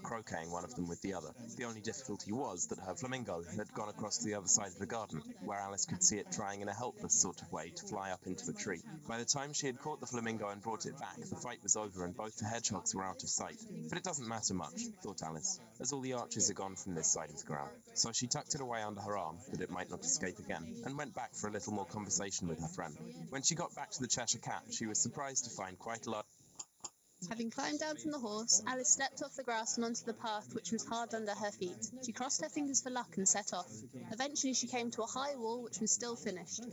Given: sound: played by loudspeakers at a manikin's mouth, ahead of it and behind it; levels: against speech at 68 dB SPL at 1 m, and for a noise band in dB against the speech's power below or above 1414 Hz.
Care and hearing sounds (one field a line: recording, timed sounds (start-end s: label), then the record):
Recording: test signals for a remote microphone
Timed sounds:
0.00-26.21 s: man speaking, babble ahead at +6 dB SNR for speech at 1 m
26.58 s: click
26.83 s: click
27.21-36.73 s: woman speaking, babble ahead at +6 dB SNR for speech at 1 m
From the record:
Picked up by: remote microphone A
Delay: 47 ms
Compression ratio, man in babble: 10.50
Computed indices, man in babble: HASPI 1.000, HASQI 0.322 (non-linear 0.372, linear 0.866), ESTOI 0.714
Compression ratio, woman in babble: 7.77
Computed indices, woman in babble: HASPI 0.969, HASQI 0.340 (non-linear 0.394, linear 0.863), ESTOI 0.759